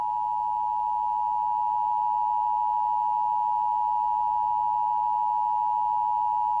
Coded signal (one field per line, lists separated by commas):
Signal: Emergency Alert System (SAME) tones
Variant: 853 and 960 Hz attention tone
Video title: DWTD EAS alarm sfx